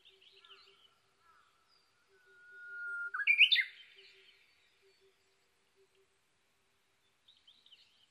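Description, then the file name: Japanese bush warbler song: a long steady whistle, then a loud rich warbled flourish, with faint chirps of other birds before and after. Recorded 22 May 2011 at 05:58. "uguisu-20110522-0558"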